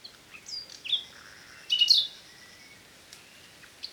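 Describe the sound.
Common nightingale song fragment: a few slurred whistles and short notes, fairly quiet.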